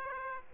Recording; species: mosquito wingbeat signal from an infrared sensor; Aedes aegypti